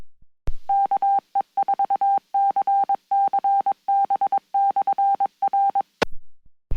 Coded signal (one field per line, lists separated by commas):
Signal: Morse code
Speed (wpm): 22 wpm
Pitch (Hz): 790 Hz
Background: none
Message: KE4CCB/R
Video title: WAKE UP to Ham Radio on Sunday Morning Coffee Net!